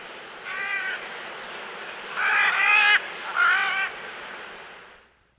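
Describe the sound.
Macaw calls: three harsh, grating squawks with stacked harmonics, the middle one longest and loudest, over a low steady hiss.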